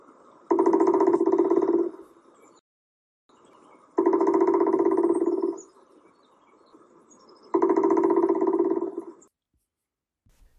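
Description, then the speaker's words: Pileated Woodpecker drum: three deep, resonant rolls of knocking, each about one and a half seconds, spaced a few seconds apart. Crow-sized woodpecker drumming, often on large trees; deep, powerful, slow drum of about 15 beats per second, faster at start and end, seeming to build then fade; intervals between drums shortened in recording. "Pileated woodpeckers drum slowly, about 15 beats per second, with slightly faster sections at the beginning and end that create a sense of the sound building up and then fading away."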